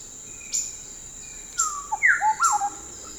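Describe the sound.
Bird calls: short sharp high sweeps near 0.5, 1.6 and 2.4 seconds, then a run of slurred whistled notes falling and rising around the middle pitches, over a constant high whine.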